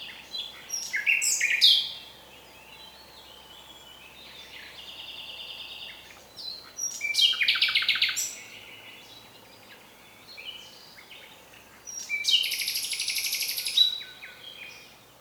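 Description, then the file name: Common nightingale song in three loud bursts, each a rich mix of sharp whistles, rapid rattling trills and buzzy high notes, with quieter stretches between them. "Luscinia megarhynchos"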